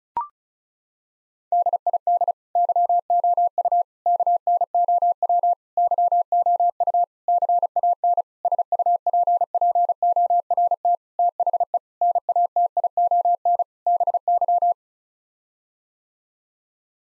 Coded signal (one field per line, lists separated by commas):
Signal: Morse code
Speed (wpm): 34 wpm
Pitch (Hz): 700 Hz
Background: none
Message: DID YOU KNOW YOU CAN SUPPORT THE NATION BY